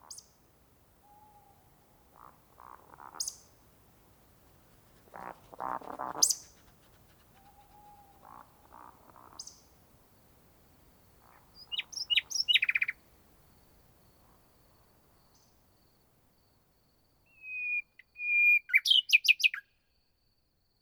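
Birds call in a quiet valley, with scattered short chirps and whistles separated by silent gaps. A low steady whistle sounds twice near the start, a burst of rapid chirps comes around twelve seconds, and a bright trilling phrase closes the last few seconds.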